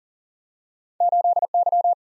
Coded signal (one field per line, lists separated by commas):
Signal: Morse code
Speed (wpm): 40 wpm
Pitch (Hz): 700 Hz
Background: none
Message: 8Y